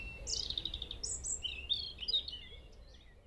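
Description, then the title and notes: European robin song, a clear phrase of high, sweet, varied whistles sliding downward and wavering, several separate notes in quick succession, fading at the close. Early evening, top of a valley in Trégastel, France, April 2019; single robin singing; recorded with ORTF stereo microphone pair, MixPre-D and Zoom H5 recorder. "Vallée des Traouiero, Trégastel, France - Robin Redbreast on the top of the valley [Valley Traouïero]. yponomeutaneko"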